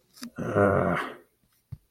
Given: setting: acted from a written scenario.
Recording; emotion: vocal sound without words; shame